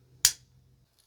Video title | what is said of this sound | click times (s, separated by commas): FINALLY! THE BUCK EDC/OUTDOOR KNIFE WE'VE ALL WANTED - 110 & 112 SLIM HERITAGE ELITE KNIFE REVIEW | and as it keeps rotating around, that hook is going to fall into the notch and lock into place. | 0.2 s